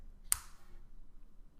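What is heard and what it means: The end of a lancing pen for an EasyTouch GC monitor is pulled back to cock it, and its spring plunger latches inside with a single sharp, bright click at 0.3 s that fades over a few tenths of a second into a low background hum. The pen is cocked and latched, engaging the lancet.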